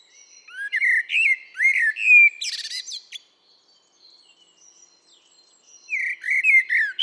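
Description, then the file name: Common blackbird song with a rich, fluting phrase closing in a scratchy high twitter, a pause of a few seconds, then another phrase begins. "Turdus merula"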